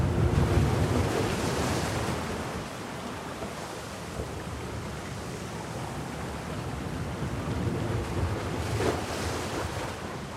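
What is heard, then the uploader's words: Waves wash through rocky crevices along the shore of Krorez Bay, a dense, steady rush with a heavier low surge in the first two seconds. The wash eases slightly, then swells again near nine seconds, with a steady wind-like hiss throughout. Rocky shores. The melodic sound of waves gracefully traversing through rocky crevices along the coastline of Krorez Bay awakens the senses. This remote location in Albania beckons with its serene allure. Recorded by Rafael Diogo.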